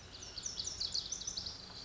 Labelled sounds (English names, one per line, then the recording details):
Lazuli Bunting
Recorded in Sonoma County, California